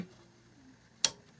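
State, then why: Seated. The indexing knob on an arrow fletching jig is turned to rotate the arrow to the next evenly spaced fletching position. After a quiet stretch, a single sharp, bright click sounds at 1.0 s as the knob snaps into its detent, confirming it is seated in position.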